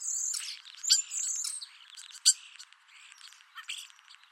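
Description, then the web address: Common starling song with a high sustained whistle, sharp clicks and scratchy, rattling notes in a jumbled, quick medley. "Deverinetal 2025. Bird Only"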